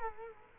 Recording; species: mosquito wingbeat signal from an infrared sensor; Culex quinquefasciatus